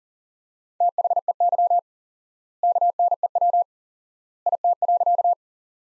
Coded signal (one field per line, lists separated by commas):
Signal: Morse code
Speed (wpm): 40 wpm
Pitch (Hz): 700 Hz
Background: none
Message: THEY KNEW IT.